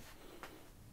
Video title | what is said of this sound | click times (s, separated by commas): Orientation Video | make sure you always hear the click | 0.4 s